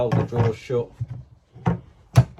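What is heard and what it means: Someone talks while handling the locking bar on a plastic Milwaukee Packout tool drawer unit, which is pulled up to clamp in and hold the drawers shut. Short knocks from the handling are heard at about 1.7 s and 2.2 s, with a fainter one near 2.4 s. Nothing has seated or clicked yet.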